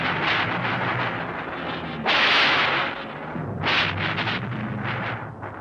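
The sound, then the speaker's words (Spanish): A thunderstorm with lightning, from the 1934 Disney short Gulliver Mickey, roars with steady rushing noise, broken by two loud, sharp thunder cracks in the middle, then rumbling on without any voices. “Había relámpagos y terribles truenos.”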